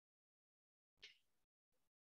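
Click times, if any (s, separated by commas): none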